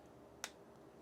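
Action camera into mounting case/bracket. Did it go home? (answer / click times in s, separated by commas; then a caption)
yes / 0.4 s. An assembled Insta360 One R 4K Edition modular action camera is fitted into its mounting case, and the case latch is closed. A single sharp snap is heard at 0.4 s against a quiet background, and the latch snaps shut with the camera seated in the case.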